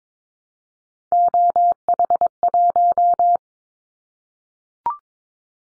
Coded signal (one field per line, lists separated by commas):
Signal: Morse code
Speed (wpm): 22 wpm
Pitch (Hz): 700 Hz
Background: none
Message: OH1